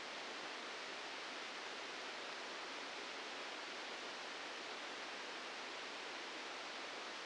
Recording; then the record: brain microelectrode recording played as sound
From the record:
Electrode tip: outside the subthalamic nucleus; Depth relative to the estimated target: 4 mm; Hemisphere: left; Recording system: NeuroSet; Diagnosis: Parkinson's disease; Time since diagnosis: 8 years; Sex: male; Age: 59 years